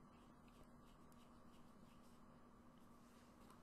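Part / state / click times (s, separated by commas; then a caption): flex cable connector into phone logic board socket / not seated / none. A flex cable connector on an LG Optimus F3 phone is held upward and lined up over its logic board socket, after proving reluctant to snap in easily. Only steady low background noise and faint handling sounds are heard. Nothing has seated or clicked yet.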